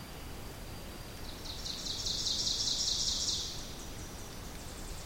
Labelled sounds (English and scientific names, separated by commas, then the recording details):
Ovenbird (Seiurus aurocapilla) song
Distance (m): 40 m
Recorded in boreal forest in Alberta, Canada, on 2 June 2016 at 06:34
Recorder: SongMeter 3, array SBT-3-7
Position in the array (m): 193 m, 3 m
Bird 6